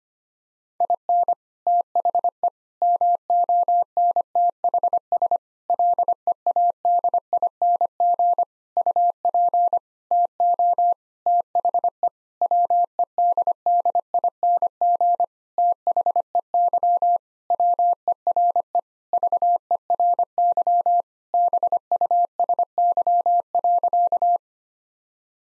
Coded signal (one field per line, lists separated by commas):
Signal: Morse code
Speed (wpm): 25 wpm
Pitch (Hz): 700 Hz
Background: none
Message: IN THE MONTHS LEADING UP TO THE WEDDING THEY WERE VERY BUSY.